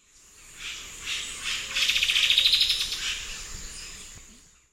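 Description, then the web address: Striped woodcreeper song, a rapid pulsed trill that swells and fades over about two seconds, over a steady high hum. South America, eastern lowlands. "Natures Songs S America Eastern Lowlands. Striped Woodcreeper"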